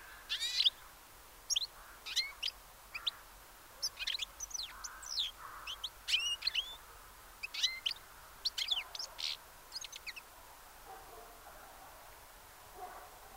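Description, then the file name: European goldfinch calls, lively twittering phrases of sharp metallic chirps in irregular clusters, stopping near the end, with faint hiss behind. "Carduelis carduelis"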